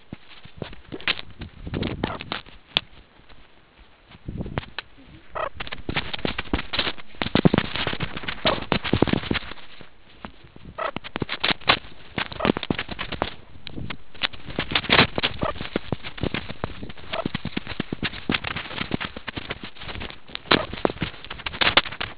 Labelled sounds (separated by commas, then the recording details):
meerkat close call
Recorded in the Kuruman River Reserve, South Africa
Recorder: an audio tag on a meerkat's collar